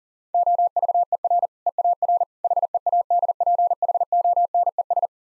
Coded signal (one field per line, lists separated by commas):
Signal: Morse code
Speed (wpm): 40 wpm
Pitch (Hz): 700 Hz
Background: none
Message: OVER EAR HEADPHONES